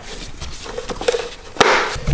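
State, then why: Seated. A plastic timing belt cover on a Volvo S60 engine is pressed hard onto the engine front so its clips pop into position, because unsnapped clips would let it rub. Sharp clicks sound at 1.1 s and 1.6 s, the second the loudest snap. The cover's clips are seated.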